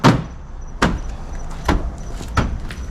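The remaining plastic grille clips are pressed home into the front end of a 2014 Chevy Silverado during a headlight change. Several loud, sharp plastic snaps ring out, with the clips snapping into place at 0.8 s and 2.4 s. The grille is seated and on.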